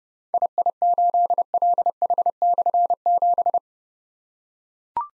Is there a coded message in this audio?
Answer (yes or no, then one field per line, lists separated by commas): yes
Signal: Morse code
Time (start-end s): 0.3-3.6 s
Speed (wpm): 29 wpm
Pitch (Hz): 700 Hz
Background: none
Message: II8LH/7